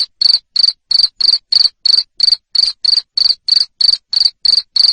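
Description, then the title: Cricket giving an unbroken series of loud, high buzzy chirps, evenly repeated about three times per second. Loud cricket chirping used to stimulate lovebirds into continuous ngekek singing. "Suara JANGKRIK NGERIK Keras Bikin LOVEBIRD Jadi NGEKEK Terus Vubey"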